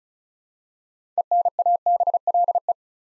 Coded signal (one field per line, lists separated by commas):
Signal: Morse code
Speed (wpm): 36 wpm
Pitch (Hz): 700 Hz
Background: none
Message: ENABLE